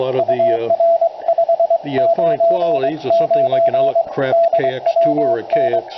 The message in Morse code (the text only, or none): UR 599 DWN